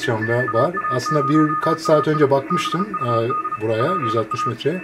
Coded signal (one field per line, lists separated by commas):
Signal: Morse code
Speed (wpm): 34 wpm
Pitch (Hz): 1240 Hz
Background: speech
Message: AA0AI BUD PA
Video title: NAQP - 2018 North American QSO Party - NA5B sdr receiver